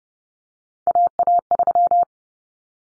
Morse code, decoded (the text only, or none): AA3